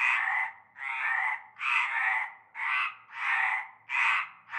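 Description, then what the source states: Frogs in chorus, loud raspy croaks a little more than one per second, broad and harsh, each long with short gaps between. Chorus of frogs from nightfall in a large concrete basin with stagnant greenish water, Avenue Cante Coucou, Groupède, La Ciotat, Bouches-du-Rhône, France.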